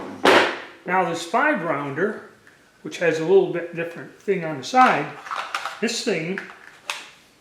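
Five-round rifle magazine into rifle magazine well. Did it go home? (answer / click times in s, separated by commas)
no / none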